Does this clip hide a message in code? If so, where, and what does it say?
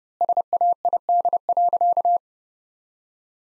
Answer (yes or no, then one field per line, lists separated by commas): yes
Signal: Morse code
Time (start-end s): 0.2-2.2 s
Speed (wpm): 30 wpm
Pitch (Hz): 700 Hz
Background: none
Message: SAID.